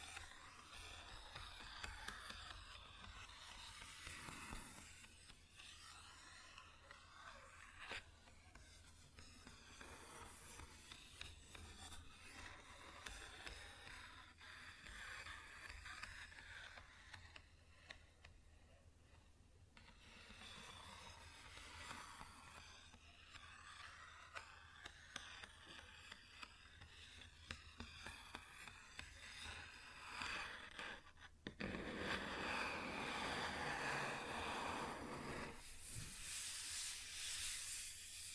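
Wood being scratched and rubbed, a dense, scraping texture that runs the whole time with some sharp ticks and taps scattered through it. A steady low hum sits underneath. The scratching swells and fades in bursts, growing harsher and louder after about 31 seconds.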